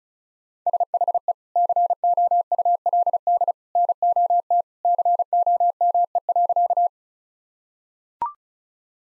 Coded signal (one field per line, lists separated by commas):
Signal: Morse code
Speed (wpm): 36 wpm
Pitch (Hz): 700 Hz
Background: none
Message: SHE COULD NOT COME.